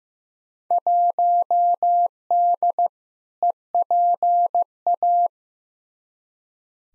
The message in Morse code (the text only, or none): 1D EPA